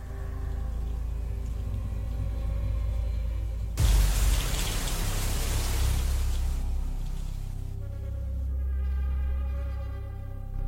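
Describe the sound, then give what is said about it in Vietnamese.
A sudden wash of heavy rain at the Cửa Lò seaside in Nghệ An, Vietnam, with a rough sea, a dense, steady hiss lasting about three seconds, breaks in over a low droning hum that continues before and after it. “Ở trong Nghệ An, biển Cửa Lò, nay trời mưa to, biển động.”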